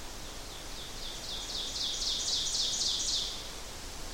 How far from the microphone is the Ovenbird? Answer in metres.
about 30 m